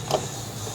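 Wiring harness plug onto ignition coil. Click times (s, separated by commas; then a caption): 0.1 s. A plastic wiring harness connector is pushed onto an ignition coil while its clip is lifted up, and it latches with a short, sharp click at 0.1 s over a steady low background hum. The connector seats onto the coil.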